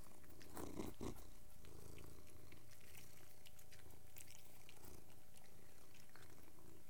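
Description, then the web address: Cat purring in a low continuous rumble, with wet chewing and clicking eating sounds scattered throughout. Three cats eating and purring. "The BBC Sound Effects Library. 3 cats eating and purring"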